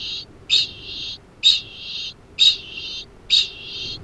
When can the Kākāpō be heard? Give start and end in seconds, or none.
0.00-4.04